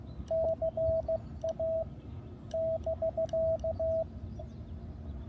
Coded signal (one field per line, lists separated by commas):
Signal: Morse code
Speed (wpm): 16 wpm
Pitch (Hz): 650 Hz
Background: radio noise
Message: CA <BK>